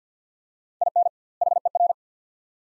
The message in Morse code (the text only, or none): IN HER